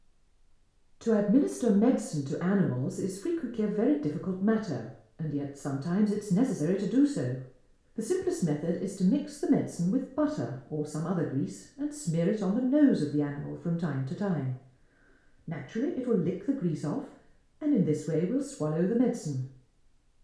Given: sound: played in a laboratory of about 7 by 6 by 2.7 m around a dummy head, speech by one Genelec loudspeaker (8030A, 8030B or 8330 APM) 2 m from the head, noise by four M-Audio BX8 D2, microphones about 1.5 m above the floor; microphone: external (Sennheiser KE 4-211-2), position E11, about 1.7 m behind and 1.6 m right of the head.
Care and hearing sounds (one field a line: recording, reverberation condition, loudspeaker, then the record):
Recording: female speech in English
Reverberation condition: medium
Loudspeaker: 150 degrees to the right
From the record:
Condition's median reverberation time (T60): about 510 ms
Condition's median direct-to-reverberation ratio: about -0.5 dB